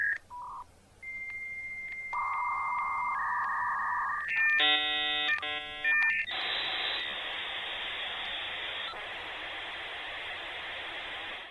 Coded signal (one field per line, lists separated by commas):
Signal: dial-up modem handshake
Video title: 27 - Dial-up Modems